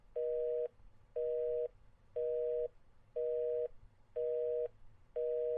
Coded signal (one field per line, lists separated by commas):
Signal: telephone call progress tone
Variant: North America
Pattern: busy tone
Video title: Busy Signal "Stop Call Mi Phone" Typography